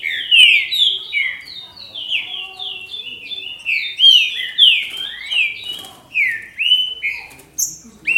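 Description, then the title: Green-winged saltator song: fluent whistled phrases of slurred notes, rising and falling. "Trinca Ferro"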